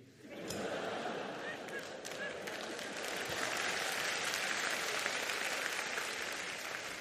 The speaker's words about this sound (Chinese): 拍手掌呢啲人係有識之士嚇